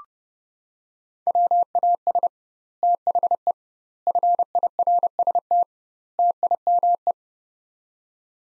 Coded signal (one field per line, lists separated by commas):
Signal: Morse code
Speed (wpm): 30 wpm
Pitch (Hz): 700 Hz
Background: none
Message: WAS THE FIRST TIME